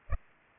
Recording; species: mosquito wingbeat signal from an infrared sensor; Culex pipiens